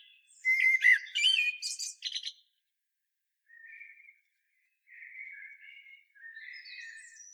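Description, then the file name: Common blackbird song: a loud low fluted warble ending in squeaky high twitters, then three softer warbled phrases after a pause. "Turdus merula"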